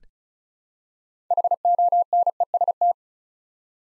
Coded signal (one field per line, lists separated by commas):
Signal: Morse code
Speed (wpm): 36 wpm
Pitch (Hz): 700 Hz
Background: none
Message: HONEST